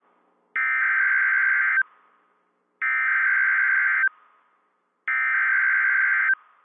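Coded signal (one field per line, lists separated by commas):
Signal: Emergency Alert System (SAME) tones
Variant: header bursts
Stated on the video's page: NOAA Weather Radio station KEC74 Indianapolis broadcasting a Severe Thunderstorm Watch.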